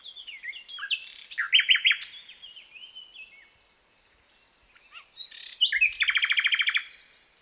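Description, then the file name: Common nightingale delivering jumbled chirps and whistles, a pause, then a powerful, rapid series of evenly repeated rattling notes. "Luscinia megarhynchos"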